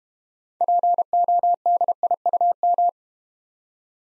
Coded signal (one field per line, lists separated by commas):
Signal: Morse code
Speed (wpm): 32 wpm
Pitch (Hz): 700 Hz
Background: none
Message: PODIUM